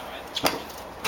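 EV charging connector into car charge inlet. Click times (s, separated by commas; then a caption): 0.5 s. A Level 2 (220–240 V) EV charging connector is pushed into the charge port of a Chevy Volt. A softer tick at 0.4 s is followed by a sharp click at 0.5 s as the connector's latch engages. The plug is seated and connected.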